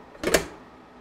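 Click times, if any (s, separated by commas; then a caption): 0.3 s. The brewer lid/handle of a newer Keurig HOT 2.0 K575 Plus single-serve coffee machine is pushed closed, with a short rattle at about 0.2 s, then a sharp latching click at 0.4 s that fades out by about 0.5 s. The lid clicks shut and is seated, but the click sounds like cheap plastic, lacking the solid thunk of the older B70 Platinum model.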